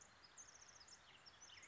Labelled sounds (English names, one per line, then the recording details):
Pacific Wren
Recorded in Sonoma County, California